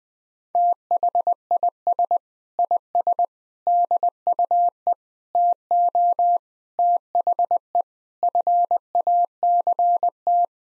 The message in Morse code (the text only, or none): THIS IS DUE TO THE FACT